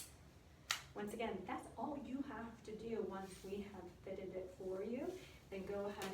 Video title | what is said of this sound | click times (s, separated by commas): How to use a Night Splint - Third Coast Foot and Ankle | right in and then the top one goes over that shin clips right in | 0.7 s